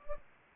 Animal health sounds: mosquito wingbeat signal from an infrared sensor; Anopheles gambiae

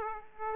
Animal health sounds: mosquito wingbeat signal from an infrared sensor; Aedes aegypti

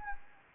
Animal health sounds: mosquito wingbeat signal from an infrared sensor; Anopheles gambiae

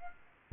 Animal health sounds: mosquito wingbeat signal from an infrared sensor; Aedes aegypti

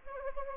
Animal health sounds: mosquito wingbeat signal from an infrared sensor; Anopheles gambiae

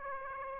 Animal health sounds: mosquito wingbeat signal from an infrared sensor; Aedes aegypti

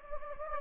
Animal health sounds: mosquito wingbeat signal from an infrared sensor; Anopheles gambiae

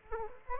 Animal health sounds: mosquito wingbeat signal from an infrared sensor; Aedes aegypti

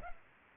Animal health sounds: mosquito wingbeat signal from an infrared sensor; Culex pipiens

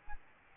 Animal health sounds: mosquito wingbeat signal from an infrared sensor; Aedes albopictus

